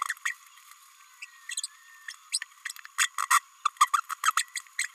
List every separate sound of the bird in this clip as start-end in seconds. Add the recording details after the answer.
0.25-0.35, 1.22-1.25, 2.32-2.39, 2.65-2.68, 2.98-3.09, 3.30-3.40, 3.65-3.68, 3.93-4.00, 4.09-4.14, 4.25-4.31, 4.37-4.43, 4.55-4.61, 4.78-4.89. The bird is a female. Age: 29 days. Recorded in a nest box in Venezuela. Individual 17B32A5